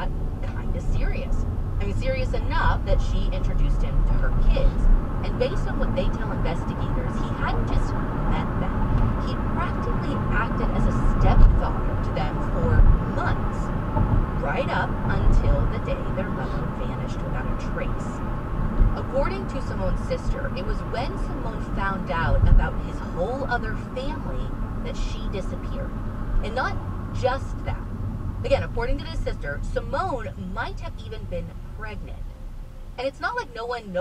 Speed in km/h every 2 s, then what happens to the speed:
23, 31, 42, 47, 56, 61, 61, 58, 55, 52, 50, 45, 39, 31, 21, 13, 6.
0-12 speeds up to 61. 12-34 slows to 6.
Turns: none.